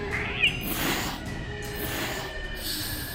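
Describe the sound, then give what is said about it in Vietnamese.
A cat screeches and yowls in a harsh, eerie drawn-out wail, steady and fairly loud for about three seconds, with a rough, rasping edge and no talking. “mùi máu tanh, tiếng gào khóc, tiếng rít vang lên khắp cả một vùng núi rừng.”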